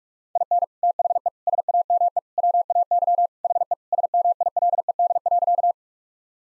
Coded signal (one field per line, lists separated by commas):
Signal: Morse code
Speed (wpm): 45 wpm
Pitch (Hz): 700 Hz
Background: none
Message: IN THE SAME WAY HE SMILED.